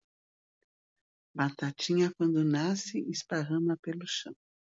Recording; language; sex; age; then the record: short text; Brazilian Portuguese; female; 60 to 69 years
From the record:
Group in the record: control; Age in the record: 67 years